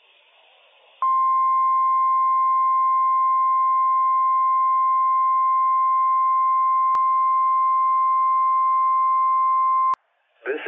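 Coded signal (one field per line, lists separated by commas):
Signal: Emergency Alert System (SAME) tones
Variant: 1050 Hz attention tone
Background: speech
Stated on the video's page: Required Weekly Test issued by NWS Pendleton, Oregon, on NOAA weather radio station WWF56.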